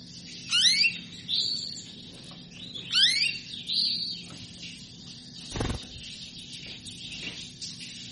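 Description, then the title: Belgian canary song in short bursts: sharp sweeping chirps and buzzy warbles every few seconds, with a faint low hum beneath and a brief low thump. Belgian canary song played to stimulate canaries into singing; described as a female canary asking to mate. "Canto Para Esquentar Canário Belga. Suara burung kenari betina minta kawin"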